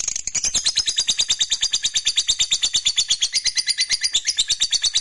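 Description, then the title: Lovebird chatter, an unbroken run of rapid, piercing high notes with an even rhythm, no other sounds standing out. "Suara Lovebird Ini"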